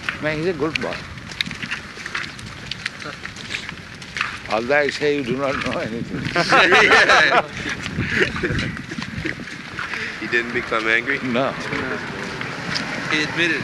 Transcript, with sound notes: No, he is a good boy. Although I say, "You do not know anything." [laughter]
He didn't become angry?
No.
He admitted.